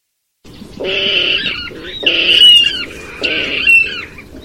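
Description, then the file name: Water rail giving three drawn-out, harsh squealing calls with whining overtones, spaced about a second apart. "Rallus aquaticus sequence"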